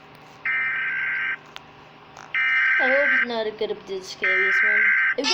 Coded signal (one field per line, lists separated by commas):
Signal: Emergency Alert System (SAME) tones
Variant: header bursts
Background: speech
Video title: Rating scariest Eas alarm part 3